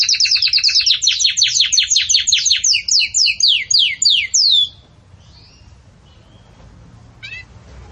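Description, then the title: Canary song, a string of rapid sweeping downslurred notes for several seconds, then near silence with a few faint notes. Belgian canary song used for teaching breeding chicks (encarte de filhotes); 'campainha' style. "Canto Do Canário Belga Campainha Para Encarte De Filhotes"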